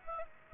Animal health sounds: mosquito wingbeat signal from an infrared sensor; Aedes aegypti

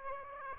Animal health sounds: mosquito wingbeat signal from an infrared sensor; Aedes aegypti

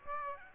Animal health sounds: mosquito wingbeat signal from an infrared sensor; Aedes aegypti

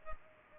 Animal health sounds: mosquito wingbeat signal from an infrared sensor; Culex pipiens

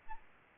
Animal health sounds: mosquito wingbeat signal from an infrared sensor; Aedes albopictus

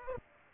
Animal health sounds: mosquito wingbeat signal from an infrared sensor; Aedes aegypti

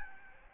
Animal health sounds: mosquito wingbeat signal from an infrared sensor; Aedes albopictus

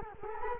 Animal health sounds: mosquito wingbeat signal from an infrared sensor; Culex quinquefasciatus

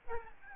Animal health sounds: mosquito wingbeat signal from an infrared sensor; Aedes albopictus

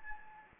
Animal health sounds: mosquito wingbeat signal from an infrared sensor; Anopheles gambiae

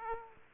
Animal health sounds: mosquito wingbeat signal from an infrared sensor; Aedes aegypti

